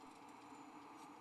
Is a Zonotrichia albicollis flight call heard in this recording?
no